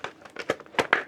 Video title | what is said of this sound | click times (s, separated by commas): Téli bringás ruháim főleg a Decathlon polcairól | 这款间谍头盔有个塑料外壳，我只要一把就能抓住，扣上去 | 0.9 s